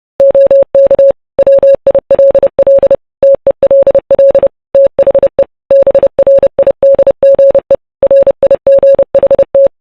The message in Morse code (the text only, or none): OK WILL TELL THE BRIDGE RIGHT